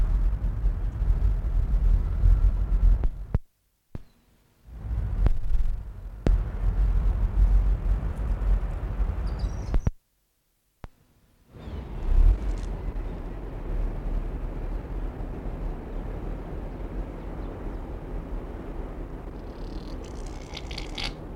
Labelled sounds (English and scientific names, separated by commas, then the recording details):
Chamois (Rupicapra rupicapra)
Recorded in captivity
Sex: male
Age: adult
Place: Zoo Berlin, Berlin, DE
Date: 1960-01-30 15:00
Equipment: Reporter, Vollspur
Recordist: Tembrock, Günter
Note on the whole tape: Bock: Meckern